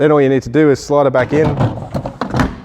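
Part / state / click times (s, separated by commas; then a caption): removable waste tank into caravan compartment / seated / 2.2 s. After being rinsed out, a removable plastic waste tank is slid back into its compartment in a caravan while someone talks. A sharp click is heard at 2.2 s as the tank is pushed home and seats in place.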